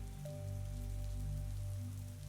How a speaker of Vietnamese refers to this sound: 5:30, trời sắp sáng, nhưng mưa vẫn còn xối nước không ngừng. Bên ngoài âm thanh rào rào cứ vang lên